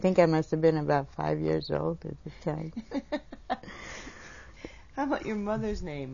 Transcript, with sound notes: I think I musta have been about five years old to tell ya.
(laughs) How about your mother's name?